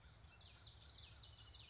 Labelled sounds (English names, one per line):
Common Yellowthroat